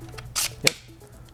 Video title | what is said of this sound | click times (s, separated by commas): Smallrig Matte Box (Unboxing): Star Trail VND Modular Matte Box | pops right in wow it's got a nice chunk to it | 0.7 s